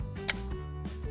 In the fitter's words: c'est le vérin jusqu'au clic et